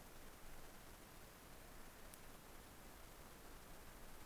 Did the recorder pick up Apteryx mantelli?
no